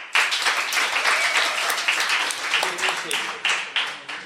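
A crowd applauds steadily, a dense wash of many hands clapping at a loud, even level for several seconds with a few sharper claps standing out near the end.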